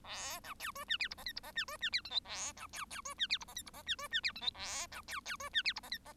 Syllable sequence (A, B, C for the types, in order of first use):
A B C D E F G H I G H E D E F J K A B C C D E F G H I G H E D E F J K A B C C D E F G H I H